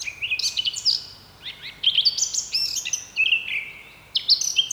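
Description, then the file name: Eurasian blackcap delivering loud whistled phrases, sliding and stepping notes in quick bursts with brief gaps between them. "Sylvia atricapilla"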